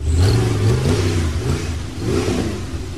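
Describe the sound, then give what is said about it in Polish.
A loud off-road rally car engine revs steadily at the Polish national cross-country off-road car competition in Nowy Sącz, Poland, with 60 crews, in October 2014; its low growl rises and falls in pitch as the throttle opens and eases, with no voices over it. “Ruszyły ogólnopolskie zawody cross country samochodów terenowych.”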